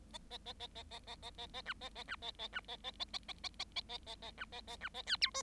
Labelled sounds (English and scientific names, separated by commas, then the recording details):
Bengalese Finch (Lonchura striata domestica) song
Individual Bird7